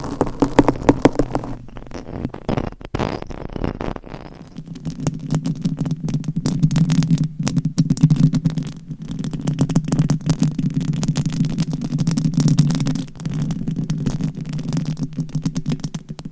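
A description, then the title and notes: Microphone scratching with dense rough clicks over a low steady rumble, shifting character around four and thirteen seconds. ASMR Mic Scratching That Changes Every 20 Seconds ASMR for ADHD - No Talking.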